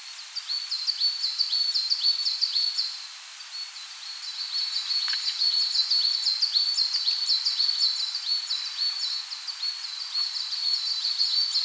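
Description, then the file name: Coal tit song of thin, sharp note pairs repeated quickly and almost continuously, with one brief lull and faint background hiss. "Parus ater"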